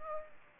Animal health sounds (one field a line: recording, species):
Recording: mosquito wingbeat signal from an infrared sensor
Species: Aedes aegypti